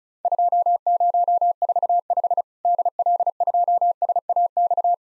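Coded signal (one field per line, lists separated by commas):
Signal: Morse code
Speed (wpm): 36 wpm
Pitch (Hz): 700 Hz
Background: none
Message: 2045 DL2SAX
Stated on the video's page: Morse practice at 35 wpm simulating Worked All Europe DX Contest QTC exchanges, with random misses and repeat requests; each exchange sent, spoken, then resent.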